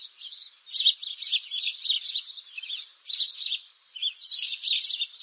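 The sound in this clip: Sparrow chirps, rapid and high, crowd together in a continuous chattering jumble that rises and falls in loudness.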